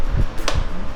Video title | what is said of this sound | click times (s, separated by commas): Highly specialized: Project Randy Savage pt. 1 | o there you hear that snap | 0.5 s